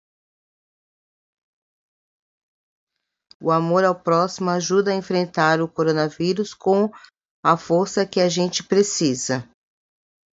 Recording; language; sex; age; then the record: spoken sentence; Brazilian Portuguese; female; 40 to 49 years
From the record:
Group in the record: control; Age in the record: 49 years